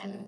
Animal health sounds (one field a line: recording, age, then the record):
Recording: pig call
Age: piglet (1 to 25 days)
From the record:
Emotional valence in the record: negative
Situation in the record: short isolation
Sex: female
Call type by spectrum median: low-frequency call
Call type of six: low-frequency modulated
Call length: 0.28 s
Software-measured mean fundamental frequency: 50 Hz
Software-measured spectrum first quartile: 212 Hz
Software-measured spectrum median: 408 Hz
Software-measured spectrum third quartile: 1184 Hz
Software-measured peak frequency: 205 Hz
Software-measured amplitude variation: 151 dB a second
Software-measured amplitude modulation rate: 18.0 a second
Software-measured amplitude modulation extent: 8.4 dB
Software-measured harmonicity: 7.4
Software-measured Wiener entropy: -1.27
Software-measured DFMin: 857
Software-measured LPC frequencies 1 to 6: 2037, 2976, 4823, 5619, 6600, 8880 Hz